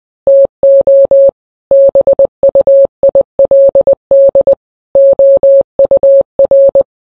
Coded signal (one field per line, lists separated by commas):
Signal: Morse code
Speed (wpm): 20 wpm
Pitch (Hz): 550 Hz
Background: none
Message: TO BUILD OUR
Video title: Morse Code